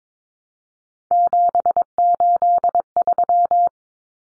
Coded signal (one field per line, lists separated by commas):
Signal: Morse code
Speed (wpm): 22 wpm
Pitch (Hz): 700 Hz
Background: none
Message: 783